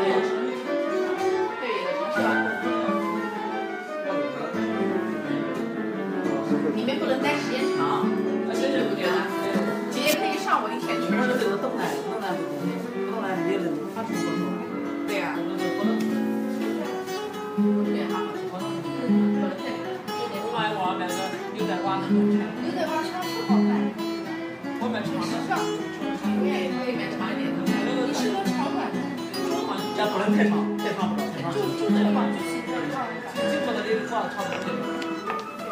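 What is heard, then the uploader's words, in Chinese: Someone plays guitar in a music shop, a steady stream of plucked notes and chords with voices talking throughout and occasional sharp clicks. 这段音频来自学校西北方向的一个乐器店。有人弹吉他。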